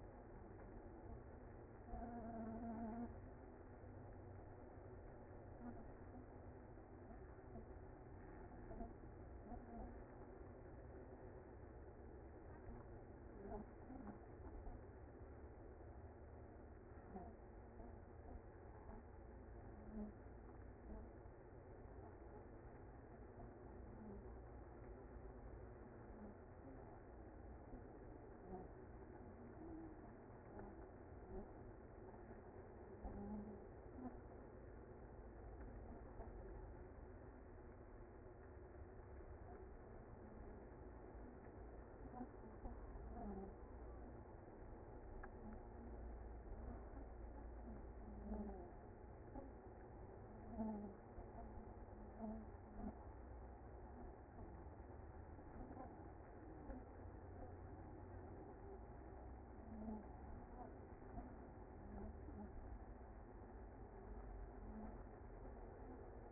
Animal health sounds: honeybee colony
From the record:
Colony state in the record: active

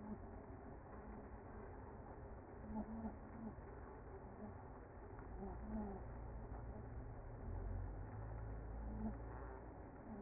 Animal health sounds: honeybee colony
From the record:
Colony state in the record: active

